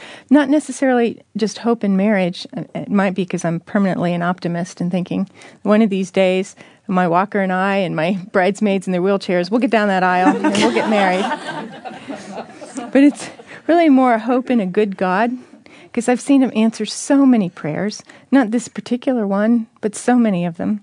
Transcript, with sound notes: It’s not necessarily just hope in marriage, but that might be because I’m permanently an optimist in thinking, “One of these days, my walker and I, and my bridesmaids in their wheelchairs, we’ll get down that aisle. We’ll get married!” (laughter) But it’s really more hope in a good God because I’ve seen Him answer so many prayers, not this particular one, but so many of them,